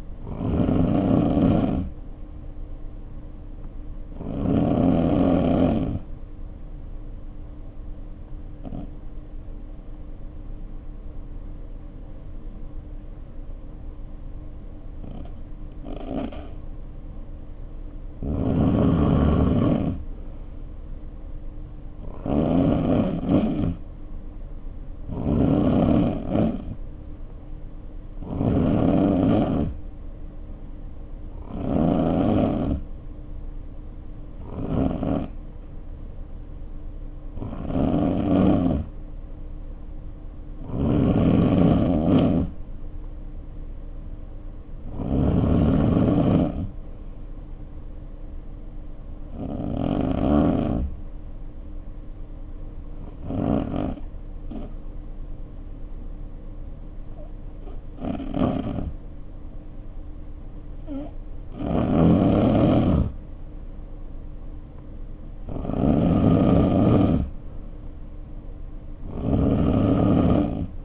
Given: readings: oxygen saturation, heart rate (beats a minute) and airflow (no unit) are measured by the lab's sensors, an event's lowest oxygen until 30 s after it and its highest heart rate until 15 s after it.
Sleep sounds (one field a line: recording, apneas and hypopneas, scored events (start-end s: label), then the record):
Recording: breathing in sleep by a smartphone at the bedside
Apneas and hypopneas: 2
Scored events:
11.00-25.20 s: hypopnea (N2, oxygen 94% highest, then 89% lowest, heart rate 55 at the start, 59 highest)
35.00-70.85 s: new sleep stage, N3 (deep sleep)
56.00-66.40 s: hypopnea (N3, oxygen 93% highest, then 90% lowest, heart rate 58 at the start, 60 highest)
From the record:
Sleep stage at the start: N2 (light sleep)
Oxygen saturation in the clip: 89 to 94%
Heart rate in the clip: 53 to 59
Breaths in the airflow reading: 18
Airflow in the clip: -3.1 to 3.5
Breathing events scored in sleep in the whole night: 520 in 7.2 hours asleep